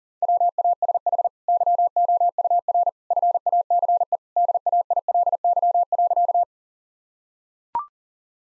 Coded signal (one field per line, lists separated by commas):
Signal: Morse code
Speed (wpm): 40 wpm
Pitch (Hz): 700 Hz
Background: none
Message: WASH YOUR FACE DAILY.